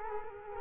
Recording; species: mosquito wingbeat signal from an infrared sensor; Culex quinquefasciatus